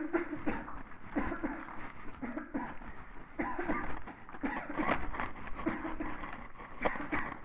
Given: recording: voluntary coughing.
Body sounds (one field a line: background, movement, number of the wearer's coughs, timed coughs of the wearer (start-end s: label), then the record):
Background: quiet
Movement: walking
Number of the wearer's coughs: 14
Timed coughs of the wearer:
0.11-0.41 s: cough
0.44-0.74 s: cough
1.13-1.37 s: cough
1.41-1.76 s: cough
2.17-2.49 s: cough
2.52-2.80 s: cough
3.37-3.67 s: cough
3.67-3.93 s: cough
4.41-4.72 s: cough
4.76-5.00 s: cough
5.64-5.91 s: cough
5.98-6.36 s: cough
6.82-7.07 s: cough
7.10-7.33 s: cough
From the record:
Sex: female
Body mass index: 36.4 kg/m2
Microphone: on the chest, facing the body